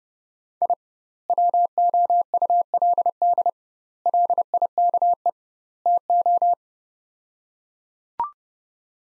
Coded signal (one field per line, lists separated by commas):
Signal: Morse code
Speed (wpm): 30 wpm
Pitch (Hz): 700 Hz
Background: none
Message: I WOULD LIKE TO